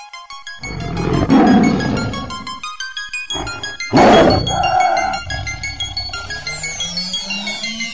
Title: Tiger